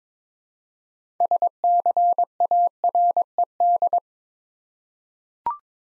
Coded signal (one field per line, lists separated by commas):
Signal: Morse code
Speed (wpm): 22 wpm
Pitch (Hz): 700 Hz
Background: none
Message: SCARED